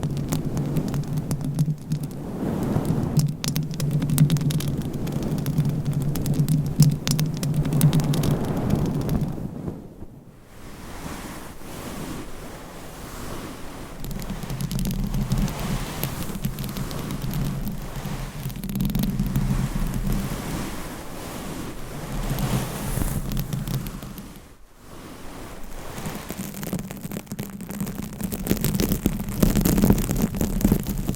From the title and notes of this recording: ASMR Mic Scratching - Brain Scratching with 15 MICS No Talking for Sleep with Long Nails.